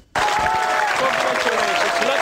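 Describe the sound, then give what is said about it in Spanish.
Sustained applause from a crowd celebrating the first successful run of the particle accelerator in Geneva starts abruptly and continues steadily, a dense wash of loud clapping with some faint cheering or voices mixed in. “Este aplauso es a la ciencia, al conocimiento puro, al intento de responder a una pregunta: ¿qué sucedió hace 14.000 millones de años?”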